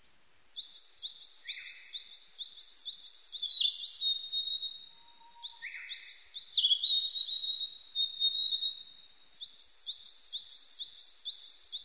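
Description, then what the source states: Narcissus flycatcher song: rapid trains of high, evenly repeated notes, twice ending in a long, steady whistled tone, then the note series resumes. Recorded on 25 April 1998.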